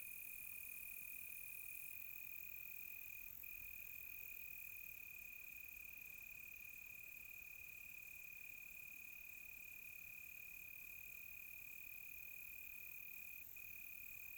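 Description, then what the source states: Cricket: a continuous high trill holds steady, with two tiny breaks, over a hissing wash of higher-pitched insects. Crickets calling close by on a quiet tropical night.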